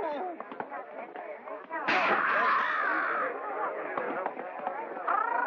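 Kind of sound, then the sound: bird, parrot squawking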